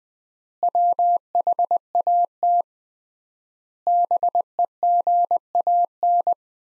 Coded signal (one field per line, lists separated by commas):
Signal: Morse code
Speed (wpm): 20 wpm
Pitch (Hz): 700 Hz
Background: none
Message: WHAT BEGAN